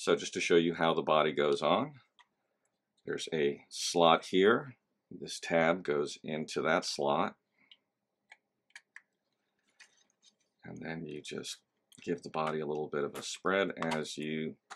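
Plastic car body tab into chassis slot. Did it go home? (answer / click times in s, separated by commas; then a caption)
no / none. Someone talks while lining up a tab on the plastic body of a Kyosho Mini-Z MR-03 Audi R8 LMS Readyset RC car with a slot on the chassis, before spreading the body to snap it on. Only a few small handling ticks are heard in a pause between the talking. Nothing has seated or clicked yet.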